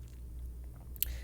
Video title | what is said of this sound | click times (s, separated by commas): Getting Work Done On The Cobra | house getting it all hooked up pulled through clicked back into place there | 1.0 s